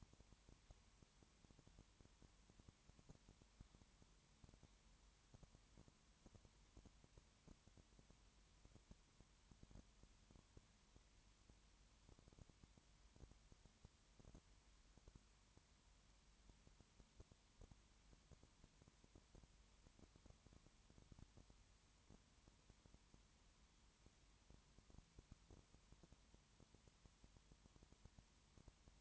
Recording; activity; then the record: daily activity, microphone in the room; no activity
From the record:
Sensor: 3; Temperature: 21.1 degrees Celsius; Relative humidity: 37.0%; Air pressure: 1010.6 hPa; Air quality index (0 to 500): 204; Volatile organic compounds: 31 ppm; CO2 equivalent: 2979 ppm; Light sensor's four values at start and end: 2/3/2/2 and 2/3/2/2